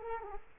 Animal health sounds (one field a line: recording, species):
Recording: mosquito wingbeat signal from an infrared sensor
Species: Culex quinquefasciatus